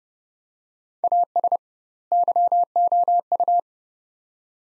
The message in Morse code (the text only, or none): AS YOU